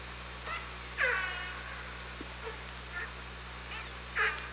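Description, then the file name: Orca pulsed calls underwater, a strong squealing call at one second and another near four seconds, with fainter calls between, over constant hiss and low hum. Hydrophone at OrcaLab, 24 August 2017, 18:46. "Orca Lab UTLN 20170824 184616"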